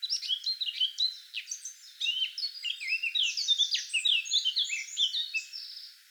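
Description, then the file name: Eurasian blackcap song, a long rich warble of rapid tumbling notes, growing denser midway before trailing off. "Sylvia atricapilla"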